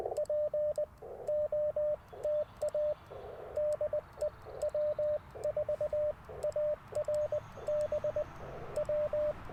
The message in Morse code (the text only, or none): POTA DE W4ARB W